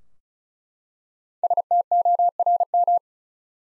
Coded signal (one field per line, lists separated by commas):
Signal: Morse code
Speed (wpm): 36 wpm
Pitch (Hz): 700 Hz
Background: none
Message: STORM